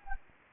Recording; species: mosquito wingbeat signal from an infrared sensor; Anopheles gambiae